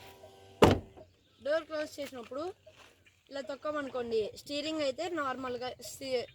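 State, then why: Seated. The driver's door of an MG car is shut so the steering lock will release, and at 0.6 s the door latch catches into the body striker with a single sharp thunk. The door closes fully, and then someone talks.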